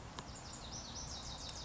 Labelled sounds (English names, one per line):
Lazuli Bunting